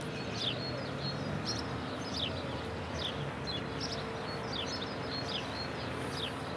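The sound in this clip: Sparrows chirping, short bright chirps repeated rapidly over a steady low rumble of background noise.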